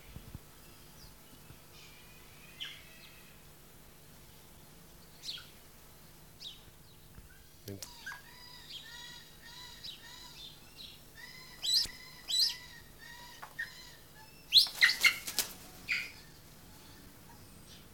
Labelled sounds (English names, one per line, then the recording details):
Harpy Eagle call
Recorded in captivity
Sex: male
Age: adult
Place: Tierpark Berlin, Berlin, DE
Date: 1983-09-10
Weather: sonnig - bedeckt, 14-18°C, wechselnder Wind
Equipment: Nagra SN, Kopie Uher 4000 Report Monitor
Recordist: Tembrock, Günter